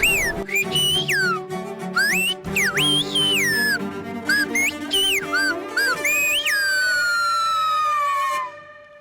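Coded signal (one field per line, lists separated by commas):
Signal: whistled language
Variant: Silbo Gomero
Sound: a loud gliding whistle rising and falling in short phrases, ending in a long descending note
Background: background music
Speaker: welcome to this video or how you would say in silver [Music]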